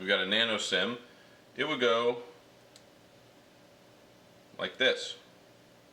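Someone talks while a nano SIM card is handled sideways at the plastic SIM tray of a BLU VIVO XL4 phone, with a faint brief tick of handling at about 2.8 s between phrases. The clip ends before the card goes home, so nothing has seated or clicked into place yet.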